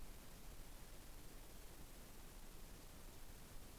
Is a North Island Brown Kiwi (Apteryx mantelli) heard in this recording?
no